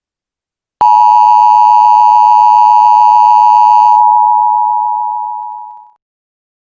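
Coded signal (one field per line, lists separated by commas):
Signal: Emergency Alert System (SAME) tones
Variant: 853 and 960 Hz attention tone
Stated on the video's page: Fictional EAS scenario about an SCP Foundation containment breach, not a real alert.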